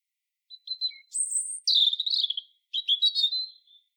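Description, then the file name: European robin delivers soft opening notes, a piercing high whistle, then a rich descending warble and a final twittering flourish, with quiet pauses between. "Erithacus rubecula"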